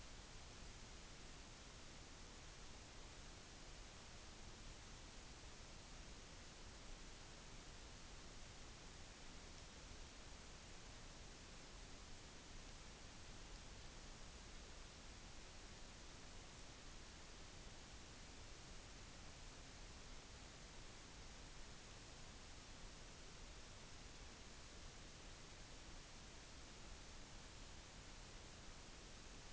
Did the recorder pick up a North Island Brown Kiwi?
no